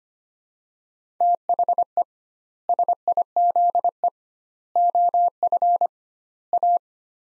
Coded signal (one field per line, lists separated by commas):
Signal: Morse code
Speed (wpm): 25 wpm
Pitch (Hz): 700 Hz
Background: none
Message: THE SIZE OF A